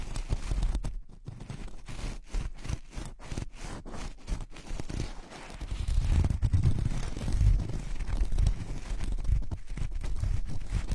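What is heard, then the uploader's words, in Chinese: Gloves being handled: rubbing, scraping and rustling sounds in quick bursts. The first half is broken up by short, regular gaps, several per second. From about six seconds on, the rubbing grows louder and heavier with more low thumping, then continues steadily to the end. 手套 使用6种不同手套为你耳膜按摩。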